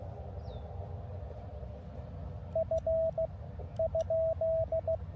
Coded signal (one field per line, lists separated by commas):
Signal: Morse code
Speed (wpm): 14 wpm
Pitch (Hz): 660 Hz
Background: radio noise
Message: F ?